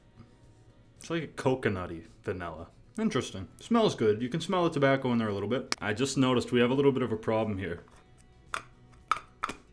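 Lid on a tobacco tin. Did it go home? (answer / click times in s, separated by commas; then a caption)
no / none. Someone talks for most of the clip, then near the end the lid of a vanilla-blend chewing tobacco tin is pressed down several times, making sharp clacking hits at about 8.5, 9.1 and 9.4 seconds. The lid never snaps shut, and nothing has seated or clicked by the end.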